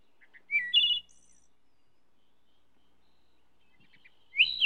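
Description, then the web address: Wood thrush singing a soft introductory note, a rich flute-like phrase and a brief high trill, then silence until another phrase starts at the end. "bird wood trush song"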